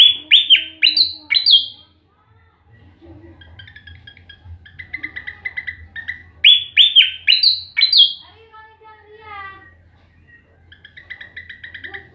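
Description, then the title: Flycatcher singing rapid bursts of bright descending whistles, repeated twice, separated by softer chirps and twittering notes, with a faint low hum throughout. Tutor song for training caged songbirds, with rapid, full-speed, tightly packed song bursts. "Suara Burung Sikatan Londo Masteran Tembakan Full Speed Rapet"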